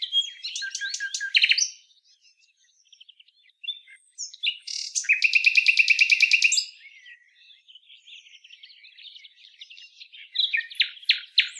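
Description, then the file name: Common nightingale singing varied high phrases: rapid clicking trills, a loud sustained rattling burst, then softer warbled notes and fresh trills, with short pauses between phrases. "Luscinia megarhynchos"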